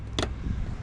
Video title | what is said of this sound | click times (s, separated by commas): Installing a Front Lip and Smoked 3rd Brake light From Amazon on My 2014 Mustang GT!! | Put it in there, you'll see that pop down | 0.2 s